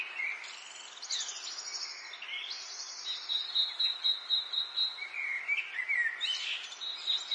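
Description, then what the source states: Birdsong: a steady rapid high trill with warbled and whistled phrases that rise and fall. Birdsong in an English garden in the late afternoon, urban atmosphere.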